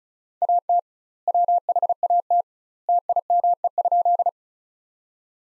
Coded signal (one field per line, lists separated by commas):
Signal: Morse code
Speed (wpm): 36 wpm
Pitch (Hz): 700 Hz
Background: none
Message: AT WHAT TIME?